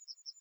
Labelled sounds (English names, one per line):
Yellowhammer song